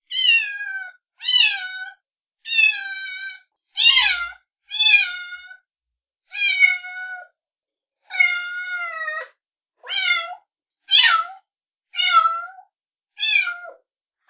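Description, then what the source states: Cat meowing insistently, many high, bending mews repeated roughly once a second, some rising then falling in pitch. Kitten.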